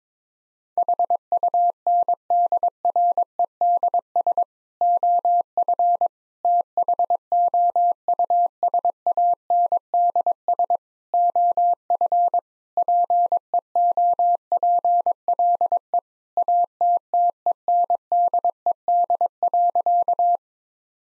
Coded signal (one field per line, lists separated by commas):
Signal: Morse code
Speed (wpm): 22 wpm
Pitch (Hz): 700 Hz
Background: none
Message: HUNDREDS OF THOUSANDS OF PEOPLE ATTENDED.